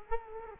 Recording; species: mosquito wingbeat signal from an infrared sensor; Culex quinquefasciatus